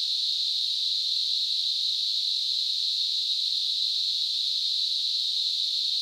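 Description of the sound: A steady, high-pitched hiss of narrow-band noise centred around 4 kHz holds at an unchanging level for the full six seconds, with no pulsing or breaks. It is a simulated tinnitus sound, imitating the constant hissing heard in the ears.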